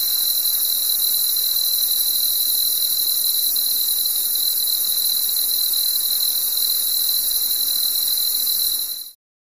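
Cricket chirring in a steady high-pitched drone that runs unbroken for about nine seconds, then stops abruptly, over a faint hiss.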